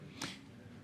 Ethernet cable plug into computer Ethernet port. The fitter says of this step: IT CLICKS RIGHT IN